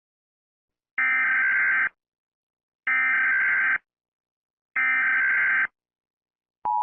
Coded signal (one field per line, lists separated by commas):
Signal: Emergency Alert System (SAME) tones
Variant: header bursts